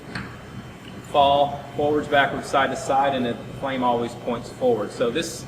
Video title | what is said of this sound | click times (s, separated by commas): Regal Plastics Lean Improvements - Houston Branch | you can see how easily it pops right on there and it locks in place it can't fall | 0.2 s